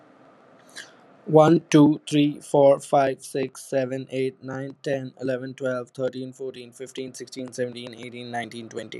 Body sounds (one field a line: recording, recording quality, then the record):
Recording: counting at a fast pace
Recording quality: excellent, no background noise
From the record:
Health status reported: healthy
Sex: male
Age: 28 years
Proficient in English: yes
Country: United States